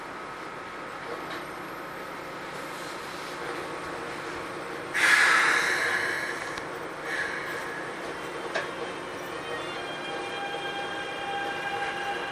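A Keikyu New 1000 series aluminum train runs along with a steady low rumble and a thin whining tone. Around five seconds a loud rushing burst swells and fades, followed by a smaller surge near seven seconds, a sharp click, and a lower whine toward the end.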